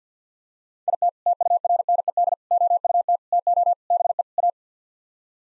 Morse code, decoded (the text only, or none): IT TURNED OUT TO BE A